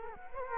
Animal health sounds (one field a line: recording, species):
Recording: mosquito wingbeat signal from an infrared sensor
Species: Culex quinquefasciatus